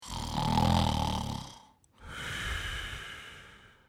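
A single snore from an adult sleeper: a low, rough fluttering inhalation, a brief pause, then a softer airy exhalation.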